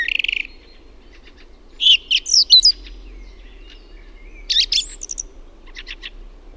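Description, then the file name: Song thrush song: short, separated phrases of bright whistles and chirpy notes, some quickly repeated, with pauses of a second or more between them; faint low background hum. "LAULURASTAS"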